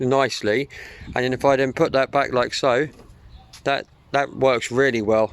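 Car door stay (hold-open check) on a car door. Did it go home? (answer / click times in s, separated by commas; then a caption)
no / none. A car door's hold-open stay is handled and put back into position on the door while a man talks over it. Nothing has seated or clicked yet; the clip ends before the stay goes home.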